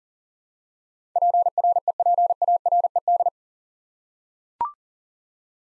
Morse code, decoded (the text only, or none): PREPARED